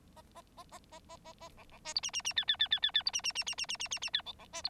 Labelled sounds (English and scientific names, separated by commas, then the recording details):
Bengalese Finch (Lonchura striata domestica) song
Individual Bird9